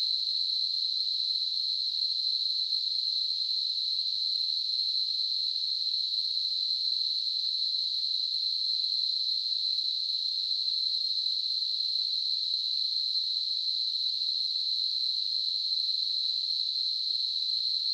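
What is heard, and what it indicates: Simulated tinnitus: a steady, continuous high-pitched narrowband hiss centred around 4 kHz, unchanging throughout.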